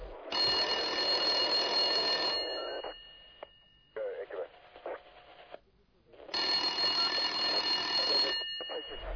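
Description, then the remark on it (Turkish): An old-fashioned telephone bell at a police station's public-order desk rings in two long, loud metallic bursts separated by a pause, with a brief stretch of quiet speech and movement in between. “İkinci şube asayiş masası, buyurun.”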